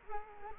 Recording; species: mosquito wingbeat signal from an infrared sensor; Culex quinquefasciatus